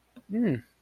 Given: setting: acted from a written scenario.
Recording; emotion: vocal sound without words; neutral